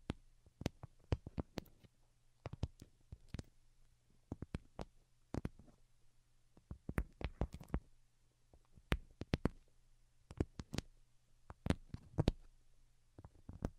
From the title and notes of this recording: ASMR Most Delicate and Calming Tapping for Sleep (No Talking).